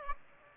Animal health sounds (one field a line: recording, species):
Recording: mosquito wingbeat signal from an infrared sensor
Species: Aedes aegypti